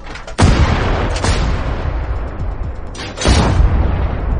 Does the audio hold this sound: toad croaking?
no